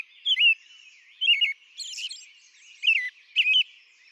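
American robin singing, a few brief whistled phrases with a high squeaky note between them.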